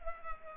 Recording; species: mosquito wingbeat signal from an infrared sensor; Culex pipiens